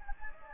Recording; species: mosquito wingbeat signal from an infrared sensor; Anopheles gambiae